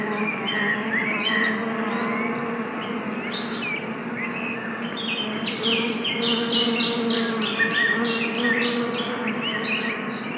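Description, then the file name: Bee: continuous low drone of bees buzzing, steady throughout, with a flurry of high, quick bird chirps in the second half. Bees in a forest. "bees at the forest"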